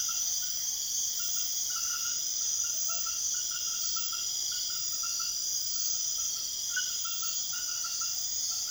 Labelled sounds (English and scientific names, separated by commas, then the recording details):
none
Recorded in secondary vegetation near Puerto Asís, Putumayo, Colombia, on 22 June 2025 at 21:30
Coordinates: 0.500, -76.326
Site GP08